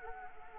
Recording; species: mosquito wingbeat signal from an infrared sensor; Anopheles arabiensis